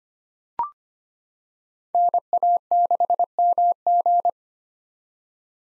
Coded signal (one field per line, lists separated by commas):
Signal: Morse code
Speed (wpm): 25 wpm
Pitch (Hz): 700 Hz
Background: none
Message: NA6MG